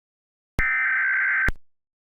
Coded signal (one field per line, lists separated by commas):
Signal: Emergency Alert System (SAME) tones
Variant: header bursts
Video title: EAS Scenario - Alien Invasion (REMASTERED)